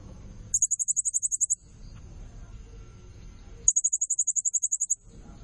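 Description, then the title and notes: Blue-crowned hanging parrot calls: two quick runs of sharp, very high ticking notes about two seconds apart, over a low, muffled rumble. Serindit calling persistently (gacor, nembak), used as lure and tutor sound (pemikat, nasteran) to excite and attract other birds. "Burung Serindit Nembak Gacor Bikin Emosi Semua Burung. Suara Nasteran Dan Pemikat Burung Serinditan Gacor"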